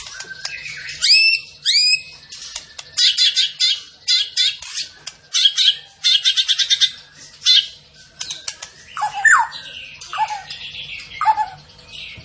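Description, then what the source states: Tembakan bird giving upswept whistles followed by dense high buzzy chattering bursts and a few lower slurred notes near the end. Masteran training recording, with the bird singing actively (gacor).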